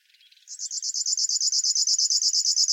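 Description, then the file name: River warbler song starting with soft, lower fluttering notes, then swelling into a loud, rapid rhythmic buzzing pulse train. "Schlagschwirl - Locustella fluviatilis"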